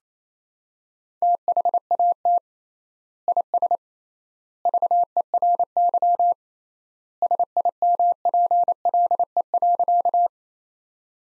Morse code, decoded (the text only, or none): THAT IS VERY SIMPLE.